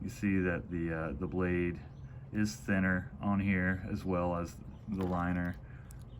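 Someone talks while handling a Victorinox Evolution Wood 10 pocket knife, whose folding blade is held in the handle by a backspring and is thinner, along with the liner, than on other models. The blade is being closed but has not yet snapped shut; nothing has seated or clicked into the handle by the end of the clip.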